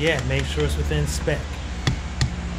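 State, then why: Torque reached. Someone talks while a click-type torque wrench tightens the oil filter on the engine of a Piper Cherokee 235 aircraft, bringing it to the set torque. Two short, sharp clicks follow at 1.9 s and 2.2 s, with the wrench's click most likely the first. The wrench clicks at its setting, confirming the filter is torqued.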